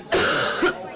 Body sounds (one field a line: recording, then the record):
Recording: coughing mixed with background sound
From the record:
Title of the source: female coughing - coughing sound effects girl